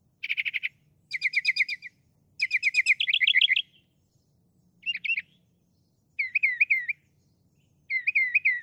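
Northern mockingbird song: bursts of fast trilled notes in sets, then a pause, a short note, and a looping warbled phrase given twice.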